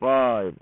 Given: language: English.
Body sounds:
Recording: throat vibration sensor signal played as sound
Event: speech

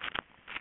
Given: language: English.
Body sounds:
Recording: throat vibration sensor signal played as sound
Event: swallow

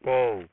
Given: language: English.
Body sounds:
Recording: throat vibration sensor signal played as sound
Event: speech

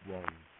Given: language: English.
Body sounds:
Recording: throat vibration sensor signal played as sound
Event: speech

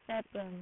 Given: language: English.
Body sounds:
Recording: throat vibration sensor signal played as sound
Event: speech

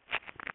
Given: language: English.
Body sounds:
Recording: throat vibration sensor signal played as sound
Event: swallow

